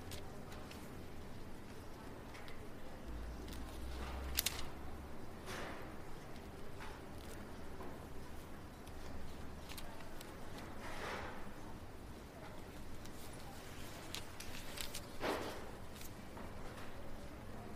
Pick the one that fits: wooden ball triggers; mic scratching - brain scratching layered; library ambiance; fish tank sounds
library ambiance